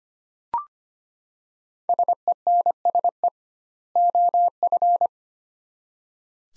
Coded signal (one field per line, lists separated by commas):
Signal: Morse code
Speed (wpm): 25 wpm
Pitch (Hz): 700 Hz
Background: none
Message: SENSE OF